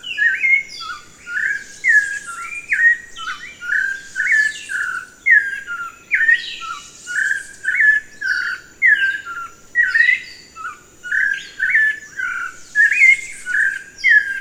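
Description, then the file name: Thrush pouring out varied fluty and twittering phrases in regular bursts throughout, each under a second long, with a faint constant high-pitched hiss in the background. "grive"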